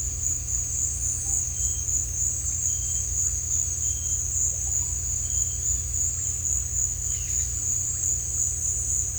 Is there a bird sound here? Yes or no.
no